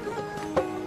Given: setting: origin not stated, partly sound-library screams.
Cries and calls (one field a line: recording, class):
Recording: one-second piece from a danger detection set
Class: normal situation